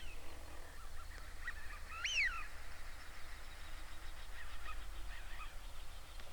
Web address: صدای-پرنده-گیلار-اوراسیایی